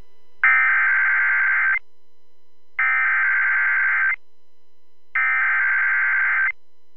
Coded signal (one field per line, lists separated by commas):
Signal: Emergency Alert System (SAME) tones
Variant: header bursts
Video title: Georgia Gets It | EAS Alerts from January 4th, 2023 (EAS #2169-2173)